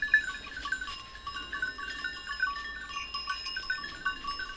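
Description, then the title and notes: Goats' bells ring in light, uneven tinkles, several small chimes sounding close together. A few goats grazing on a sloping meadow, their bells tinkling at random; Montcel near Chambéry, Savoie, France. "Village Tipi, Route du Revard, Chalets de la Clusaz, Montcel, Chambéry, Savoie, Auvergne-Rhône-Alpes, France métropolitaine, 73100, France - Les chèvres. Quelques chèvres broutent dans une prairie en pente, le raffiné tintement aléatoire de leurs clochettes empli l'espace, un discret criquet stridule dans les herbes"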